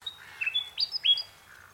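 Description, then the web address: Bird calling, a short run of high, thin whistled notes, some sliding upward, ending in a soft lower note, in quiet surroundings. Unidentified bird calling in mangroves. "Sound Effects-Foundation 1 BIRD UNKNOWN MAGROVES CALL"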